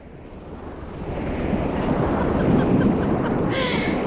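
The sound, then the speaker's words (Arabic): Steady rush of sea surf washing onto a beach at Sfax, a broad hiss that swells louder after the first second and stays full, with no voices present. “أكلما خرجنا لا تتنازلين عن المجيء إلى شاطئ البحر”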